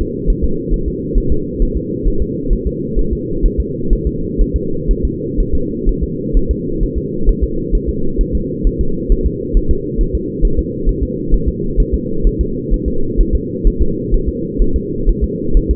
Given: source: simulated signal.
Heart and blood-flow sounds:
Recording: fetal heart sounds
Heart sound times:
0.01 s: S2
0.30 s: S1
0.44 s: S2
0.74 s: S1
0.88 s: S2
1.18 s: S1
1.32 s: S2
1.62 s: S1
1.77 s: S2
2.08 s: S1
2.22 s: S2
2.53 s: S1
2.67 s: S2
2.99 s: S1
3.13 s: S2
3.46 s: S1
3.60 s: S2
3.93 s: S1
4.07 s: S2
4.42 s: S1
4.56 s: S2
4.91 s: S1
5.05 s: S2
5.40 s: S1
5.55 s: S2
5.89 s: S1
6.03 s: S2
6.37 s: S1
6.51 s: S2
6.83 s: S1
6.98 s: S2
7.29 s: S1
7.44 s: S2
7.75 s: S1
7.89 s: S2
8.21 s: S1
8.35 s: S2
8.67 s: S1
8.81 s: S2
9.12 s: S1
9.26 s: S2
9.57 s: S1
9.71 s: S2
10.01 s: S1
10.15 s: S2
10.45 s: S1
10.59 s: S2
10.89 s: S1
11.03 s: S2
11.34 s: S1
11.48 s: S2
11.80 s: S1
11.94 s: S2
12.27 s: S1
12.41 s: S2
12.74 s: S1
12.88 s: S2
13.21 s: S1
13.35 s: S2
13.67 s: S1
13.82 s: S2
14.14 s: S1
14.29 s: S2
14.62 s: S1
14.76 s: S2
15.09 s: S1
15.24 s: S2
15.57 s: S1
15.71 s: S2
From the record:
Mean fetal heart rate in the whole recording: 130 bpm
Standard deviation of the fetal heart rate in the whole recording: 4 bpm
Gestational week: 38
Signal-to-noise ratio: -8.1 dB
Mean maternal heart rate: 72 bpm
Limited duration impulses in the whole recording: absent

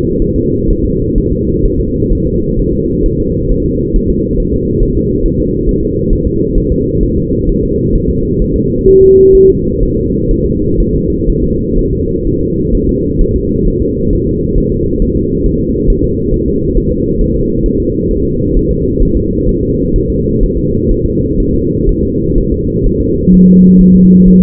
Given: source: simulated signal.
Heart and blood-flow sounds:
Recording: fetal heart sounds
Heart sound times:
0.22 s: S1
0.36 s: S2
0.70 s: S1
0.84 s: S2
1.18 s: S1
1.32 s: S2
1.65 s: S1
1.80 s: S2
2.12 s: S1
2.27 s: S2
2.59 s: S1
2.74 s: S2
3.06 s: S1
3.20 s: S2
3.52 s: S1
3.66 s: S2
3.96 s: S1
4.10 s: S2
4.40 s: S1
4.54 s: S2
4.83 s: S1
4.97 s: S2
5.26 s: S1
5.40 s: S2
5.69 s: S1
5.83 s: S2
6.13 s: S1
6.27 s: S2
6.58 s: S1
6.72 s: S2
7.03 s: S1
7.17 s: S2
7.49 s: S1
7.63 s: S2
7.95 s: S1
8.09 s: S2
8.42 s: S1
8.56 s: S2
8.88 s: S1
9.02 s: S2
9.35 s: S1
9.49 s: S2
9.83 s: S1
9.97 s: S2
10.31 s: S1
10.45 s: S2
10.80 s: S1
10.94 s: S2
11.30 s: S1
11.44 s: S2
11.79 s: S1
11.93 s: S2
12.27 s: S1
12.41 s: S2
12.75 s: S1
12.89 s: S2
13.22 s: S1
13.36 s: S2
13.68 s: S1
13.82 s: S2
14.13 s: S1
14.27 s: S2
14.58 s: S1
14.72 s: S2
15.02 s: S1
15.16 s: S2
15.46 s: S1
15.60 s: S2
15.90 s: S1
16.04 s: S2
16.34 s: S1
16.48 s: S2
16.78 s: S1
16.92 s: S2
17.22 s: S1
17.36 s: S2
17.66 s: S1
17.80 s: S2
18.11 s: S1
18.25 s: S2
18.56 s: S1
18.71 s: S2
19.03 s: S1
19.17 s: S2
19.49 s: S1
19.63 s: S2
19.96 s: S1
20.10 s: S2
20.43 s: S1
20.58 s: S2
20.92 s: S1
21.06 s: S2
21.40 s: S1
21.54 s: S2
21.89 s: S1
22.03 s: S2
22.38 s: S1
22.52 s: S2
22.86 s: S1
23.01 s: S2
23.34 s: S1
23.48 s: S2
23.81 s: S1
23.95 s: S2
24.28 s: S1
24.42 s: S2
From the record:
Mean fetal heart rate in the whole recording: 130 bpm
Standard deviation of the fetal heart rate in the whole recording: 4 bpm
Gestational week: 38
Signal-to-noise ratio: -10.2 dB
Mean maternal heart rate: 72 bpm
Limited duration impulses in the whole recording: present

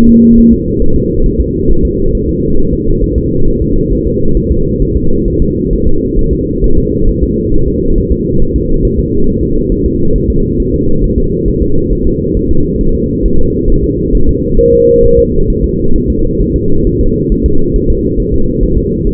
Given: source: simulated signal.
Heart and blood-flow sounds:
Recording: fetal heart sounds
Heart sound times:
0.09 s: S2
0.38 s: S1
0.53 s: S2
0.82 s: S1
0.96 s: S2
1.26 s: S1
1.40 s: S2
1.71 s: S1
1.85 s: S2
2.15 s: S1
2.29 s: S2
2.59 s: S1
2.73 s: S2
3.04 s: S1
3.18 s: S2
3.48 s: S1
3.62 s: S2
3.93 s: S1
4.07 s: S2
4.37 s: S1
4.52 s: S2
4.82 s: S1
4.97 s: S2
5.28 s: S1
5.42 s: S2
5.73 s: S1
5.87 s: S2
6.19 s: S1
6.33 s: S2
6.64 s: S1
6.78 s: S2
7.09 s: S1
7.23 s: S2
7.54 s: S1
7.68 s: S2
7.98 s: S1
8.12 s: S2
8.42 s: S1
8.56 s: S2
8.85 s: S1
8.99 s: S2
9.29 s: S1
9.43 s: S2
9.72 s: S1
9.86 s: S2
10.16 s: S1
10.30 s: S2
10.60 s: S1
10.74 s: S2
11.04 s: S1
11.18 s: S2
11.48 s: S1
11.62 s: S2
11.93 s: S1
12.07 s: S2
12.37 s: S1
12.51 s: S2
12.81 s: S1
12.95 s: S2
13.26 s: S1
13.40 s: S2
13.70 s: S1
13.84 s: S2
14.15 s: S1
14.29 s: S2
14.60 s: S1
14.74 s: S2
15.05 s: S1
15.19 s: S2
15.50 s: S1
15.64 s: S2
15.96 s: S1
16.10 s: S2
16.42 s: S1
16.56 s: S2
16.87 s: S1
17.01 s: S2
17.32 s: S1
17.46 s: S2
17.76 s: S1
17.90 s: S2
18.20 s: S1
18.34 s: S2
18.63 s: S1
18.78 s: S2
19.07 s: S1
From the record:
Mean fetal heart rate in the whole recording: 135 bpm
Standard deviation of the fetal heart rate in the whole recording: 3 bpm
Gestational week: 36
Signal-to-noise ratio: -19.1 dB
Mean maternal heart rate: 72 bpm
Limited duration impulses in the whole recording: present

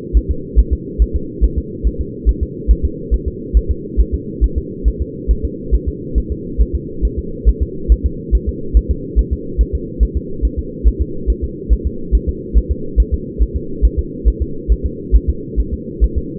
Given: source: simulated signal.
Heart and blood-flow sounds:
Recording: fetal heart sounds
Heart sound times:
0.17 s: S1
0.31 s: S2
0.59 s: S1
0.73 s: S2
1.02 s: S1
1.16 s: S2
1.44 s: S1
1.58 s: S2
1.87 s: S1
2.01 s: S2
2.29 s: S1
2.43 s: S2
2.71 s: S1
2.85 s: S2
3.14 s: S1
3.28 s: S2
3.57 s: S1
3.71 s: S2
4.00 s: S1
4.14 s: S2
4.44 s: S1
4.58 s: S2
4.88 s: S1
5.02 s: S2
5.31 s: S1
5.45 s: S2
5.75 s: S1
5.89 s: S2
6.18 s: S1
6.32 s: S2
6.61 s: S1
6.75 s: S2
7.05 s: S1
7.19 s: S2
7.49 s: S1
7.63 s: S2
7.92 s: S1
8.06 s: S2
8.35 s: S1
8.49 s: S2
8.77 s: S1
8.91 s: S2
9.19 s: S1
9.33 s: S2
9.61 s: S1
9.75 s: S2
10.03 s: S1
10.17 s: S2
10.45 s: S1
10.59 s: S2
10.88 s: S1
11.02 s: S2
11.30 s: S1
11.44 s: S2
11.73 s: S1
11.87 s: S2
12.15 s: S1
12.29 s: S2
12.58 s: S1
12.72 s: S2
13.00 s: S1
13.14 s: S2
13.43 s: S1
13.56 s: S2
13.85 s: S1
13.99 s: S2
14.28 s: S1
14.42 s: S2
14.72 s: S1
14.86 s: S2
15.16 s: S1
15.30 s: S2
15.60 s: S1
15.74 s: S2
16.04 s: S1
16.18 s: S2
From the record:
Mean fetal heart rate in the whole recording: 140 bpm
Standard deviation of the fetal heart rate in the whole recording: 2 bpm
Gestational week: 34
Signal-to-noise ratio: -4.3 dB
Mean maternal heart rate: 72 bpm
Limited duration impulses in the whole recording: absent

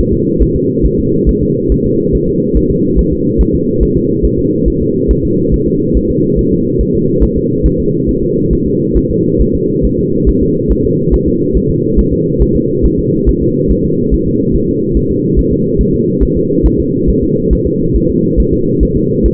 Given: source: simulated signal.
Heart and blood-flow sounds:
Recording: fetal heart sounds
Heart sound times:
0.13 s: S2
0.42 s: S1
0.56 s: S2
0.86 s: S1
0.99 s: S2
1.29 s: S1
1.43 s: S2
1.72 s: S1
1.86 s: S2
2.15 s: S1
2.29 s: S2
2.57 s: S1
2.71 s: S2
2.99 s: S1
3.13 s: S2
3.41 s: S1
3.55 s: S2
3.83 s: S1
3.97 s: S2
4.25 s: S1
4.39 s: S2
4.68 s: S1
4.82 s: S2
5.11 s: S1
5.25 s: S2
5.54 s: S1
5.68 s: S2
5.97 s: S1
6.11 s: S2
6.39 s: S1
6.53 s: S2
6.81 s: S1
6.95 s: S2
7.23 s: S1
7.37 s: S2
7.66 s: S1
7.80 s: S2
8.09 s: S1
8.23 s: S2
8.53 s: S1
8.67 s: S2
8.97 s: S1
9.11 s: S2
9.41 s: S1
9.55 s: S2
9.85 s: S1
9.99 s: S2
10.29 s: S1
10.43 s: S2
10.72 s: S1
10.85 s: S2
11.14 s: S1
11.28 s: S2
11.57 s: S1
11.70 s: S2
11.99 s: S1
12.13 s: S2
12.42 s: S1
12.56 s: S2
12.86 s: S1
12.99 s: S2
13.29 s: S1
13.43 s: S2
13.72 s: S1
13.85 s: S2
14.14 s: S1
14.28 s: S2
14.56 s: S1
14.69 s: S2
14.97 s: S1
15.11 s: S2
15.39 s: S1
15.53 s: S2
15.81 s: S1
15.94 s: S2
16.23 s: S1
16.37 s: S2
16.66 s: S1
16.80 s: S2
17.09 s: S1
17.23 s: S2
17.53 s: S1
17.67 s: S2
17.96 s: S1
18.10 s: S2
18.40 s: S1
18.53 s: S2
18.83 s: S1
18.97 s: S2
19.26 s: S1
From the record:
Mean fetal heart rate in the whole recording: 140 bpm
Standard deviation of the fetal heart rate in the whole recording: 2 bpm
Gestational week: 34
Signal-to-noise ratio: -11.2 dB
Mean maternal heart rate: 72 bpm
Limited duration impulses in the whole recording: present

